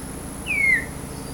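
Bird call: one clear whistled note gliding downward, lasting about a third of a second, over a faint steady background hiss.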